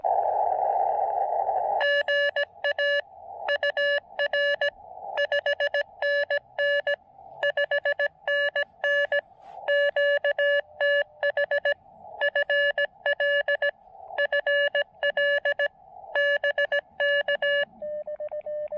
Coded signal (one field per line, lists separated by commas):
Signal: Morse code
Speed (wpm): 17 wpm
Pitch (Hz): 1700 Hz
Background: none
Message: GA UR 5NN 5NN QTH FL FL BK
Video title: POTA Field Report: Activating South Mountains with the N6ARA TinyPaddle!